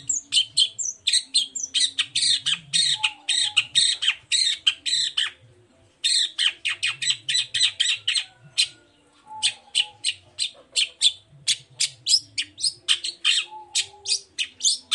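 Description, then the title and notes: Long-tailed shrike song: long, rhythmic series of harsh, rasping chatter notes, broken by two short pauses. Morning song with full "toet toet" variations from a constantly singing (gacor) bird, used as a lure to provoke other long-tailed shrikes to answer. "Langsung NYAUTTTTT ! Cendet Gacor Dor Di Kala Pagi Toet Toet Variasi Suara. Pancingan Emosi Cendet Gacor Full Variasi Toet Toet Bikin Nyaut Cendet Lain Langsung Ikutan Bunyi. Burung cendet"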